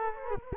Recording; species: mosquito wingbeat signal from an infrared sensor; Culex quinquefasciatus